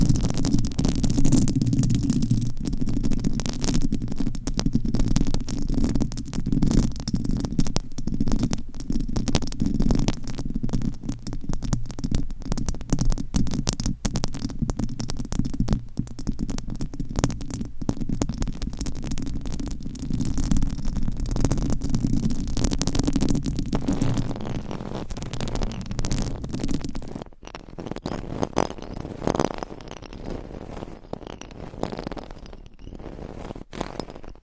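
Dense, rapid mic scratching fills the first 27 seconds as a constant low, rough rustle made of quick, irregular strokes. Around 27 seconds the sound drops and thins into softer, more muffled scraping that continues unevenly to the end.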